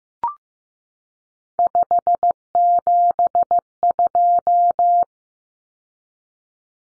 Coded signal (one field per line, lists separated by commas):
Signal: Morse code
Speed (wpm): 15 wpm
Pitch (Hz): 700 Hz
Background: none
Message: 572